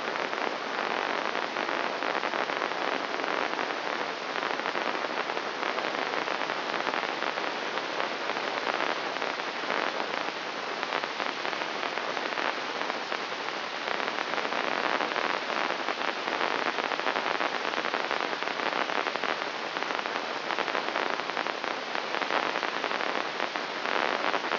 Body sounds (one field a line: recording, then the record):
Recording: brain microelectrode recording played as sound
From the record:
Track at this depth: outside the subthalamic nucleus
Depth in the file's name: -0.284 mm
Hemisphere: left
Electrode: 3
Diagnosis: Parkinson's disease